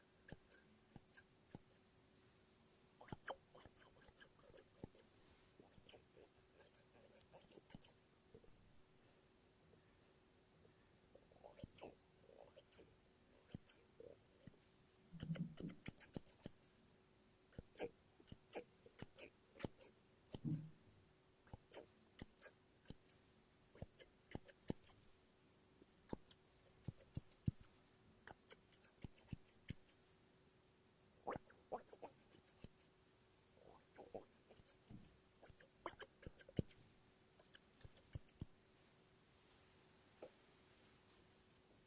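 Scissors snip and cut through paper in irregular bursts of sharp, crisp clicks and rustles, clustered in busy runs with short pauses between. Activity is densest from about 15 to 38 seconds. A faint steady hum sits underneath throughout.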